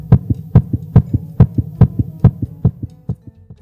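Steady, fast heartbeat with clear lub-dub pairs, about 140 beats a minute. The beats are loud and low-pitched with a faint hum behind them, and they grow softer toward the end.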